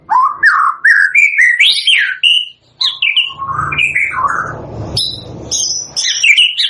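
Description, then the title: White-rumped shama song of rapid varied whistled notes, rising and falling, with high chirps later. Lure recording used for bird trapping; bird singing constantly (gacor). "PANCINGAN MURAI BATU GACOR"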